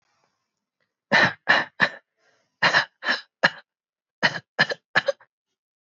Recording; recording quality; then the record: shallow voluntary cough; excellent, no background noise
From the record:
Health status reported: healthy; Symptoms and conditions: none ticked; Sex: male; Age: 51 years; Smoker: not ticked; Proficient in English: yes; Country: India